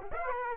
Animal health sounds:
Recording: mosquito wingbeat signal from an infrared sensor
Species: Aedes aegypti

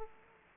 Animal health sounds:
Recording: mosquito wingbeat signal from an infrared sensor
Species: Aedes aegypti

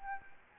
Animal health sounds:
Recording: mosquito wingbeat signal from an infrared sensor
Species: Anopheles gambiae

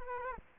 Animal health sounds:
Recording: mosquito wingbeat signal from an infrared sensor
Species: Culex quinquefasciatus

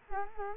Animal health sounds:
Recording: mosquito wingbeat signal from an infrared sensor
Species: Culex quinquefasciatus

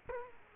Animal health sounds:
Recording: mosquito wingbeat signal from an infrared sensor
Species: Culex quinquefasciatus

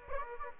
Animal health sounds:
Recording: mosquito wingbeat signal from an infrared sensor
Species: Aedes aegypti

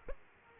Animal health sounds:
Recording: mosquito wingbeat signal from an infrared sensor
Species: Aedes aegypti

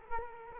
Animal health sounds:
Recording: mosquito wingbeat signal from an infrared sensor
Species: Culex quinquefasciatus

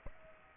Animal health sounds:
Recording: mosquito wingbeat signal from an infrared sensor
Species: Aedes aegypti

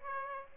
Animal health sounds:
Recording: mosquito wingbeat signal from an infrared sensor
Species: Aedes aegypti

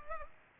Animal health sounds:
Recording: mosquito wingbeat signal from an infrared sensor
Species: Culex pipiens

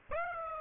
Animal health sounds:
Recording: mosquito wingbeat signal from an infrared sensor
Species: Aedes aegypti

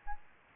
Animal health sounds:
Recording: mosquito wingbeat signal from an infrared sensor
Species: Aedes albopictus

